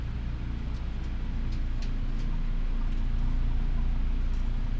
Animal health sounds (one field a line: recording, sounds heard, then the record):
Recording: poultry house recording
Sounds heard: healthy chickens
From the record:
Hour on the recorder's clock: 12